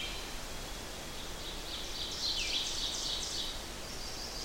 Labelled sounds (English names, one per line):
Ovenbird song